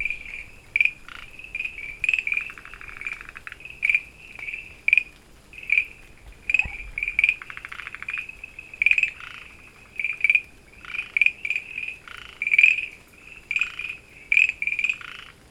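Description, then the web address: Frogs calling with brief high notes and occasional rattling click trains. Recorded 24 August 2013. "frog rec 20130824"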